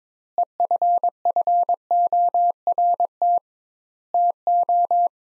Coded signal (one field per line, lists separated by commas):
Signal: Morse code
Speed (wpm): 21 wpm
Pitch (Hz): 700 Hz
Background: none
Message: EFFORT TO